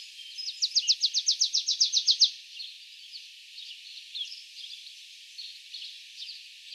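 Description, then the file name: Marsh tit giving a fast, dry series of about a dozen high chipping notes over a second and a half, followed by faint scattered calls. "Mesange nonnette"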